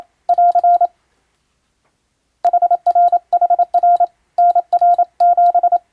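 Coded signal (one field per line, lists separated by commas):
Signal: Morse code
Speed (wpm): 27 wpm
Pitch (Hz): 700 Hz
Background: none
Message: <AR> HRHR NR7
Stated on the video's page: Japanese-language European-text radiotelegrams sent as ship radio operator exam practice, in the style of ship-to-coast-station telegram traffic, for amateur radio receiving training.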